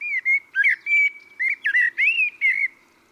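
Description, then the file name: Common blackbird pouring out a continuous run of fluty, slurred notes with scratchy high overtones, steady for about three seconds. "Turdus merula"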